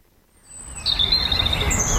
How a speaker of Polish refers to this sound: Lubię słuchać ptaków, to jest takie kojące. Można się zatrzymać tak poza zgiełkiem miasta.